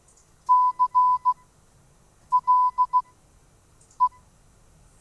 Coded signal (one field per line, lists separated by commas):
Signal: Morse code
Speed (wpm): 16 wpm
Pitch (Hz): 1000 Hz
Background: none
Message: C L E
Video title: NARC Live! 12th January 2022 - IT for the Radio Amateur with Bob G6PWS